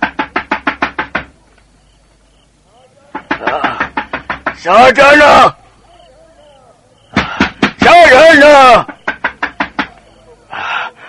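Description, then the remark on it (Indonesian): Several bursts of rapid, hard knocking on a wooden door of a pendopo hall, each a quick series of sharp raps, alternating with loud shouting from a man's voice calling for the door to be opened between the rounds. “Mereka segera naik ke ruangan pendopo dan menghampiri pintu. Sadana! Sadana! Buka pintu!”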